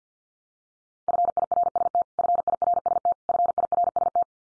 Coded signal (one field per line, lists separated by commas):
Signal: Morse code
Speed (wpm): 50 wpm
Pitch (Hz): 700 Hz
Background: none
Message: FIRST FIRST FIRST